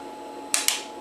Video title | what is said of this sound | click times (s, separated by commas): GE washer lid latch removal no tools needed | you push that in and it's going to click | 0.5 s